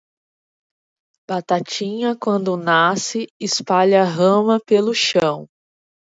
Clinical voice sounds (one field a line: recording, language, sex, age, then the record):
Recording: short text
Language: Brazilian Portuguese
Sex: female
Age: 30 to 39 years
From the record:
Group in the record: control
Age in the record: 33 years